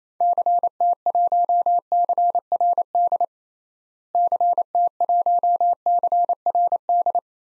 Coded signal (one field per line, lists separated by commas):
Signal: Morse code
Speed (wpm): 28 wpm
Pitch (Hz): 700 Hz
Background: none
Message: CT1CRD CT1CRD